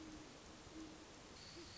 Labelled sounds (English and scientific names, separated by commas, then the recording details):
Great Horned Owl (Bubo virginianus)
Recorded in Sonoma County, California